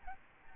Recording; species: mosquito wingbeat signal from an infrared sensor; Aedes albopictus